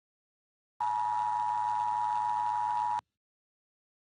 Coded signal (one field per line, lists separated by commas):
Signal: Emergency Alert System (SAME) tones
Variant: 853 and 960 Hz attention tone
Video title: EAS SCENARIO: INFECTION PART 1